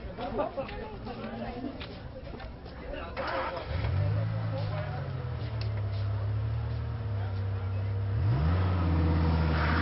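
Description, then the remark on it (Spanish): A car engine cranks and catches a few seconds in, its low hum rising and then settling into a steady drone, with a second rising rev near the end. “Luego caminó dócilmente a mi lado hasta el coche y subió, mirándome con una sonrisa de inequívoca superioridad.”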